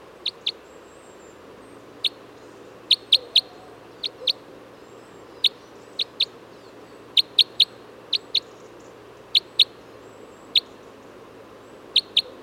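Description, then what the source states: Red crossbill giving abrupt, high kip calls, often doubled or in quick triplets, spaced irregularly a second or so apart against a soft low drone. Type N call type; flight calls.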